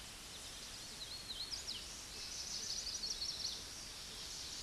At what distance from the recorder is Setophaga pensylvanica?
about 35 m